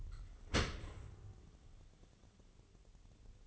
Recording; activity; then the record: daily activity, microphone in the room; open dishwasher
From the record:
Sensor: 4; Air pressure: 1015.8 hPa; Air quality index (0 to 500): 89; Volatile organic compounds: 2 ppm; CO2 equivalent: 989 ppm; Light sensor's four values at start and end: 9/19/7/7 and 9/19/7/7